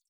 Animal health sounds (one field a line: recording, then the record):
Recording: hydrophone in a shrimp aquaculture tank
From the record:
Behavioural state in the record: feeding